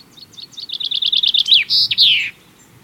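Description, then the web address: Chaffinch singing one full phrase: crisp repeated notes in a rapid trill, then a short emphatic end flourish; faint low rumble throughout. "Sound Effects-BBC Birds Chaffinches"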